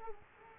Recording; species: mosquito wingbeat signal from an infrared sensor; Culex quinquefasciatus